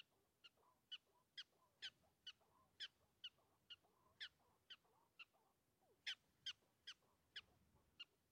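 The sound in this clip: Prairie dog chirps, crisp high notes repeated about twice a second, some louder than others, over faint background noise.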